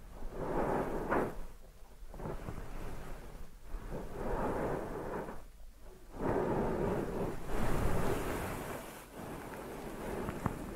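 A deep ear massage: thick, muffled rubbing that rumbles low and surges like wind or rain. It comes in long strokes of a second or two, broken by short quiet gaps near 2, 3.5, 6 and 9 seconds.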